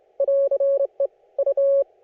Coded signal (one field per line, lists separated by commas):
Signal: Morse code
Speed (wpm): 26 wpm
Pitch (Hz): 560 Hz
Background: none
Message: <AR> E U